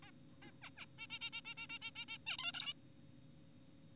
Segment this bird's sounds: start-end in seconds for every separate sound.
0.03-0.11, 0.42-0.51, 0.62-0.70, 0.78-0.86, 0.98-1.07, 1.10-1.19, 1.22-1.30, 1.33-1.41, 1.45-1.54, 1.58-1.67, 1.70-1.79, 1.82-1.91, 1.96-2.05, 2.08-2.18, 2.27-2.37, 2.39-2.52, 2.54-2.73